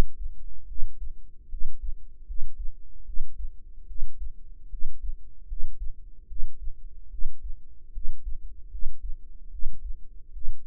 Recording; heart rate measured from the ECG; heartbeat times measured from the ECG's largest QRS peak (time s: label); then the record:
heart sounds by microphone in the right ear; 75 bpm
0.66 s: heartbeat
1.48 s: heartbeat
2.25 s: heartbeat
3.04 s: heartbeat
3.86 s: heartbeat
4.69 s: heartbeat
5.46 s: heartbeat
6.26 s: heartbeat
7.09 s: heartbeat
7.91 s: heartbeat
8.69 s: heartbeat
9.49 s: heartbeat
10.31 s: heartbeat
From the record:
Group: healthy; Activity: rest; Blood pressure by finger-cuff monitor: 93/53 mmHg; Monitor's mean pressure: 66 mmHg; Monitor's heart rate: 75 bpm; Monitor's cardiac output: 6.9 L/min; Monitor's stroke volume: 92 mL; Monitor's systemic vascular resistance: 680 dyn s/cm5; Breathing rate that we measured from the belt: 19 breaths a minute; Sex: female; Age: 19 years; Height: 163 cm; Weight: 48.9 kg